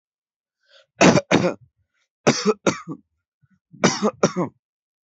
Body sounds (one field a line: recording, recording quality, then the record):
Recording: heavy voluntary cough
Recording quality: excellent, no background noise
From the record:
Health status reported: healthy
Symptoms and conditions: none ticked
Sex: male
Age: 25 years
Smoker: not ticked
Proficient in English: yes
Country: India